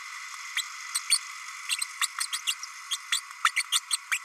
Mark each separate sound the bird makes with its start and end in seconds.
0.56-0.62, 0.94-0.99, 1.09-1.19, 2.01-2.07, 2.19-2.27, 2.32-2.39, 2.47-2.54, 2.91-2.97, 3.12-3.20, 3.44-3.51, 3.72-3.80, 3.90-3.97, 4.11-4.19